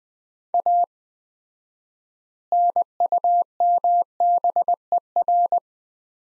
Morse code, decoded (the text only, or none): A NUMBER